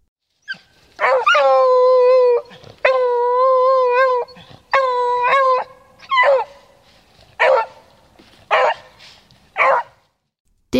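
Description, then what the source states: Beagle baying, long drawn-out howls with a wavering tone, followed by a series of shorter sharp yelping bays with pauses between them. Beagle, an old British hunting breed used for rabbit hunting; the breed's notorious typical bay, described as piercing yet somewhat cute.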